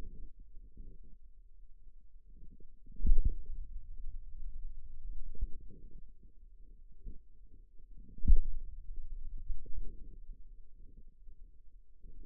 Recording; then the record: forearm muscle sounds (acoustic myography)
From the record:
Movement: pen grasping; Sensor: system 2, bracelet of six BSWA MPA416 microphones around the upper forearm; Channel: 5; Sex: male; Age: 22 years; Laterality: right